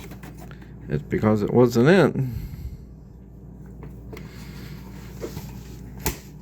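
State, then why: Seated. A small tube connector is pushed onto the intake fitting of a Buick Enclave during an air filter replacement, retried after a failed first attempt, while someone talks early in the clip and faint handling sounds follow. A sharp click at 6.1 s shows the connector seating home.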